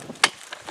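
A firm bump of a chainsaw trips its chain brake lever into the set position. A loud, sharp hit at 0.2 s marks the brake setting, followed by two much fainter ticks at 0.5 and 0.7 s. The chain brake is seated.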